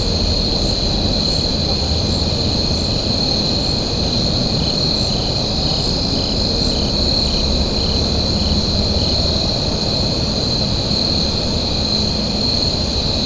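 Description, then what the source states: Crickets chirping in a steady, high, pulsing chorus that never pauses, over a constant low rumble of background noise. Recorded at night.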